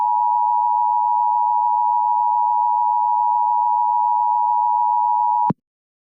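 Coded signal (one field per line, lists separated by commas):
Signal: Emergency Alert System (SAME) tones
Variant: 853 and 960 Hz attention tone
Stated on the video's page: Fictional EAS scenario with false alert tones, not a real warning.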